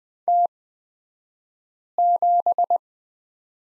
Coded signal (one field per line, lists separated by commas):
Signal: Morse code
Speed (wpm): 20 wpm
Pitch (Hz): 700 Hz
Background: none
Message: T7